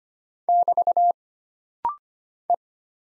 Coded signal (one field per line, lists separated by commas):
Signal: Morse code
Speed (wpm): 25 wpm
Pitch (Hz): 700 Hz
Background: none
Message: <BT> E